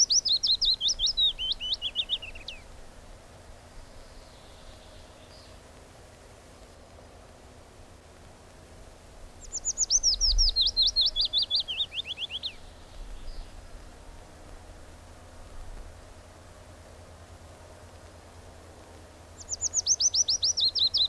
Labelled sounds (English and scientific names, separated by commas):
Willow Warbler (Phylloscopus trochilus) song